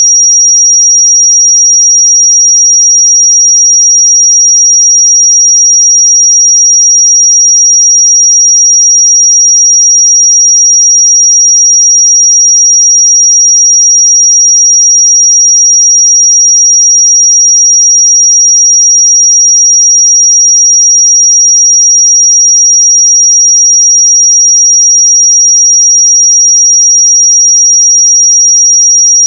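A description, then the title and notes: A pure sine tone at 5696 Hz holds perfectly steady for the full half minute. The pitch is high and thin, a single unwavering whistle with no wobble, breaks or change in loudness. Nothing else is audible behind it. 5696 Hz 1 Hz Interval Sine Pure Tone Frequency 441000 Sample Mono.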